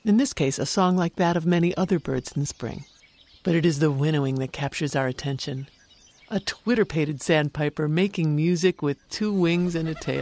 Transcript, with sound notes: in this case a song like that of many other birds in spring. [Vocal song of a Wilson’s Snipe] But it is the winnowing that captures our attention: a twitterpated sandpiper making music with two wings and a tail.